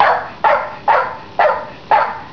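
Dog barking: several sharp barks evenly repeated about every half second, each with a quick onset and a fading tail.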